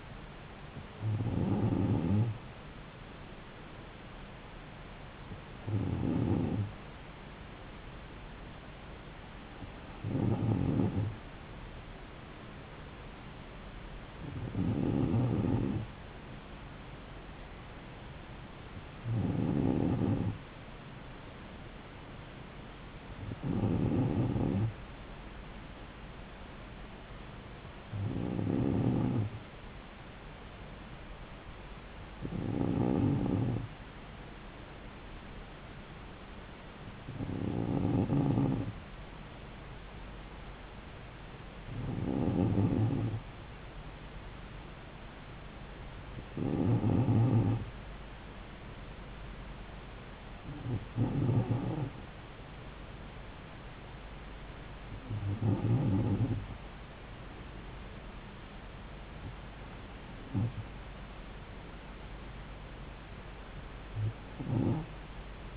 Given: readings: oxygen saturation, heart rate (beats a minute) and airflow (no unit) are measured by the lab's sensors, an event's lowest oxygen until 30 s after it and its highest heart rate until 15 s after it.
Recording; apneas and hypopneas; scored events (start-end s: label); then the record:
breathing in sleep by a voice recorder at the bedside; none
none scored
From the record:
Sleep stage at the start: N2 (light sleep); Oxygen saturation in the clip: 94%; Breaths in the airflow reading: 15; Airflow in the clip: -3.7 to 3.1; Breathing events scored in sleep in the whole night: 270 in 6.1 hours asleep